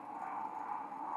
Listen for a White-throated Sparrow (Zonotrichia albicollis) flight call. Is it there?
no